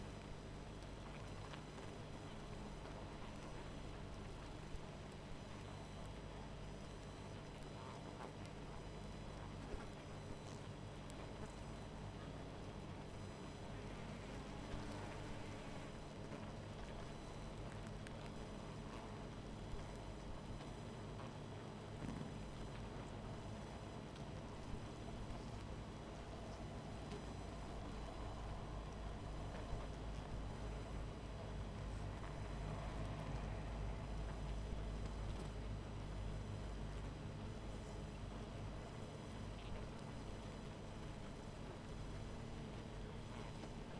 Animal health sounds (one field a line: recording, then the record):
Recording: honeybee colony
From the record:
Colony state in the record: missing queen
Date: 14 July 2017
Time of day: 20:20